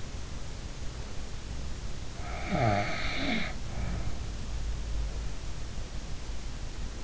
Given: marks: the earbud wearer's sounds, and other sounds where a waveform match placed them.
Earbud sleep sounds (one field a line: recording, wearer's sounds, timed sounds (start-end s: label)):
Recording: sounds in sleep by an in-ear microphone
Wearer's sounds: snoring breath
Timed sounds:
2.24-4.29 s: snoring breath